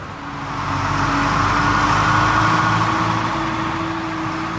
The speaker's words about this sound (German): Gemächlich tuckert ein alter Traktor über die schmale Landstraße. Der rote Ursus wirkt wie ein winzig brummender Käfer inmitten der Felder, die sich bis zum Horizont erstrecken.